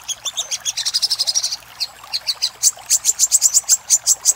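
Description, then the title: Little spiderhunter song: a fast run of high chipping notes, a short break, then louder, evenly spaced piercing notes repeated several times a second. Master recording for training cage birds, little spiderhunter in the labaik song style. "Masteran Burung Sogok Ontong Labaik"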